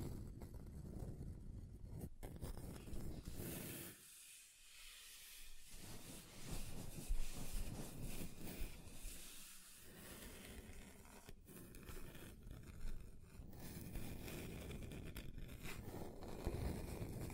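Scratching across a table surface makes a dense, rough scraping that runs almost continuously, with brief quieter gaps near four and nine seconds.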